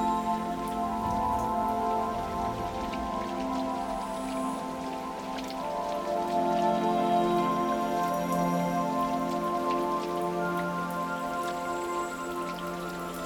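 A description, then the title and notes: Rain falls outside a window in a steady, even wash, with sharp little drop taps scattered across the top throughout. Beneath it a low, humming drone of stacked tones holds and slowly shifts, staying at much the same loudness for the whole stretch. Rain Outside the Window Tonight.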